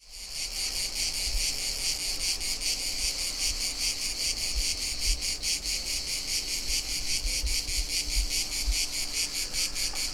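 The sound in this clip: Cicada chorus, a steady high rasping drone pulsed in rapid regular beats, continuous throughout with a low hum underneath.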